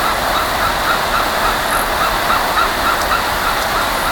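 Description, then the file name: Bird calls, a rapid run of short thin notes repeated several times a second, half buried under loud rushing noise. "SABIOD 50 bird 2015"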